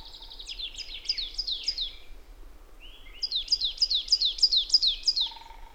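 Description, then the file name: Marsh tit calls: two bursts of bright, down-slurred chips repeated rapidly, separated by a short gap with two soft lower notes. "Poecile palustris"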